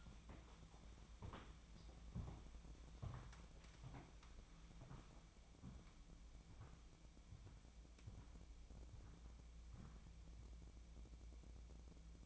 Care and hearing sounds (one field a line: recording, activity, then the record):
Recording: daily activity, microphone in the room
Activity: walk to room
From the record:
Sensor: 1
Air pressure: 999.9 hPa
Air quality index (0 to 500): 128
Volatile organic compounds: 2 ppm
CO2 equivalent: 1214 ppm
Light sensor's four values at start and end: 40/99/42/52 and 42/105/44/55